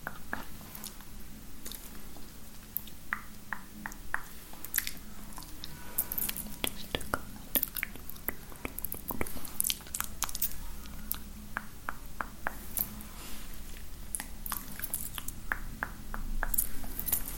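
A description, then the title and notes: Wet spit-painting mouth sounds with long nails and random objects: a steady stream of short, sharp clicks and smacks, irregular but constant for the whole stretch, a few louder and brighter around the middle. A low, even hum runs underneath throughout. ASMR Girl With Long Nails Spit Paints You With Random Objects.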